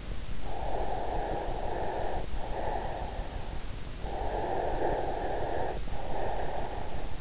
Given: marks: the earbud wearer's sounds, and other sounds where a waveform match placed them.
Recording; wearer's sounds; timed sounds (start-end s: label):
sounds in sleep by an in-ear microphone; breath
0.36-3.53 s: breath
3.84-7.21 s: breath